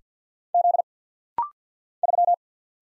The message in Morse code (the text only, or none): Z 3